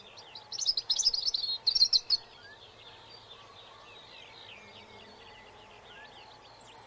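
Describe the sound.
Robin singing a rapid, high, tinkling phrase of jumbled notes for under two seconds, followed by fainter, scattered high notes.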